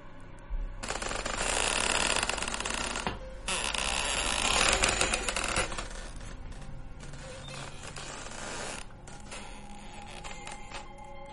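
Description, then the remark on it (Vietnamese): A door creaks open in long, raspy, grinding strains as a girl gently opens it to go down to the kitchen, two loud drawn-out creaks followed by quieter, stuttering groans as it settles. No voices. “Tiếng cánh cửa kẽo kẹt vang lên đến rợn cả người.”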